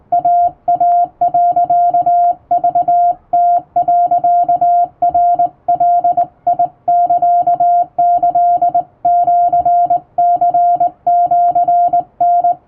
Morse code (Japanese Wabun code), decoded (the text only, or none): イイ、クム、ナガサキシニシタ